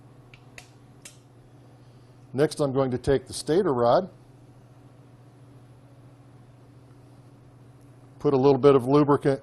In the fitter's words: flats are allowed to blade to go on and then lock into place they just easily snap on next